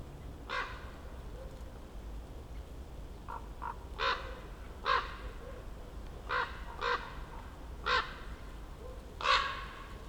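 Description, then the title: Common raven croaks, hoarse harsh calls repeated at irregular intervals, some paired, over a low continuous background hum. Ravens circling above the recordist, who crouched among young beeches on Patnik mountain side, Goworów, Poland, for over ten minutes; New Year's walk; Zoom F4, AT BP4025. "Patnik mountain side, Goworów, Poland - Circling ravens"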